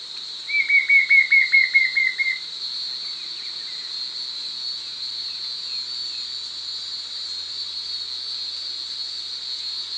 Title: LuckyPassaro Completos2Sama. White-shouldered Fire-eye (Pyriglena leucoptera)